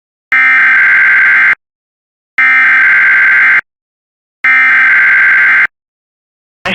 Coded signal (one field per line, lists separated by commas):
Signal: Emergency Alert System (SAME) tones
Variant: header bursts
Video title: 2x Tornado Watch 202 and EAS test (EAS #153-155)